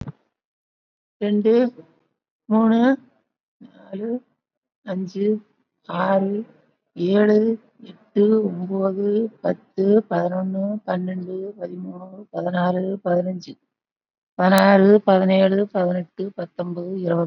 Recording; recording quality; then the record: counting at a normal pace; excellent, no background noise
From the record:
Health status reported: COVID-19 positive, moderate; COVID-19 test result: positive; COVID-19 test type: RT-PCR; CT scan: not taken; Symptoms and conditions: cough, cold, breathing difficulty, fever, fatigue, muscle pain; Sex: female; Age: 74 years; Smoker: no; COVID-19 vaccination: none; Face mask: not worn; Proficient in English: no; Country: India